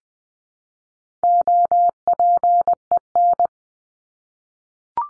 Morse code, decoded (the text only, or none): OPEN